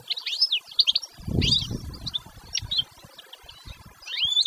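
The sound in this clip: Canary singing high, rapid chirps and sliding notes in phrases, with a low rustling or thumping noise partway through.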